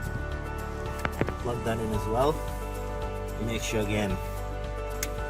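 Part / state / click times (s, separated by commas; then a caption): antenna cable connector into CarPlay decoder box / seated / 5.0 s. A plastic antenna cable connector is plugged into an aftermarket CarPlay decoder box over steady background music while someone talks. A few faint ticks sound around 1.0–1.3 seconds, and a sharp click at 5.0 seconds is the connector seating into place.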